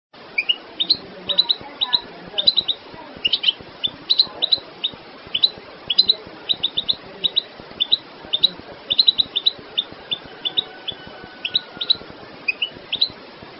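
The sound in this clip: Goldfinch song, long bubbling twitter of bright chirps and trills, phrase after phrase with barely a pause.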